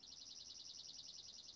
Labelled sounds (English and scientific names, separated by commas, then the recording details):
Dark-eyed Junco (Junco hyemalis)
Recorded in Sonoma County, California